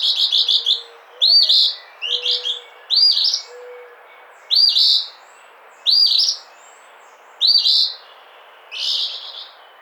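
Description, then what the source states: Eastern phoebe singing buzzy, burry fee-bee phrases repeated about every one to two seconds, opening with a quick stuttered series. Recorded 11 April 2009.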